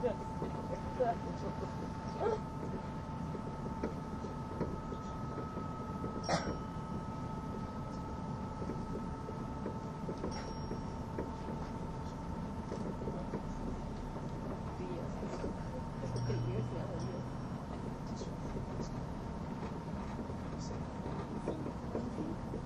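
A train runs on the Gotthard base tunnel route, a steady low rumble filling the whole clip with two sustained whining tones held above it. Brief clicks and knocks break through now and then, a sharper one near six seconds, and faint voices murmur underneath.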